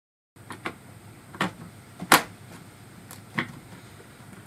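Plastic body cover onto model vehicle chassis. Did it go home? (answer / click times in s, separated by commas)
yes / 3.4 s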